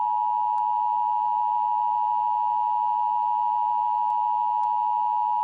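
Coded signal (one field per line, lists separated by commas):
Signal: Emergency Alert System (SAME) tones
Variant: 853 and 960 Hz attention tone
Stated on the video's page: Fictional EAS scenario with simulated SAME tones.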